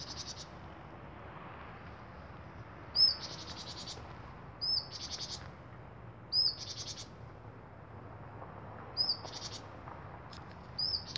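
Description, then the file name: Great tit calls, a sharp rising note followed by a harsh buzzy churr, repeated irregularly several times against a quiet hum. "Parus major"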